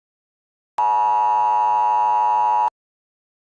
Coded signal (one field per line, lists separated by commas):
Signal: Emergency Alert System (SAME) tones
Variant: 853 and 960 Hz attention tone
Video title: EAS Scenario - Emergency Self Destruction System (A Fake EAS Mockup)